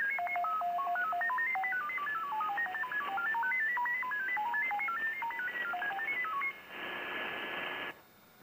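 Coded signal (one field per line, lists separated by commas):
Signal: FT8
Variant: SuperFox mode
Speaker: Wow, he's up to plus 11 now.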